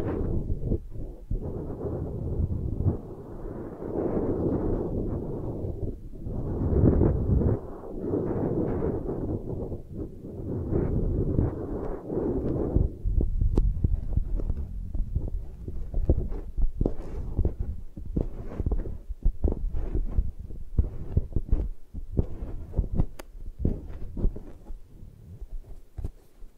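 An eye massage: for the first thirteen seconds, muffled low rubbing sounds swell and fade in long, dense waves. After that the rubbing gives way to quick, uneven taps and soft thumps, irregular and fairly busy, with brief sharper clicks through to the end.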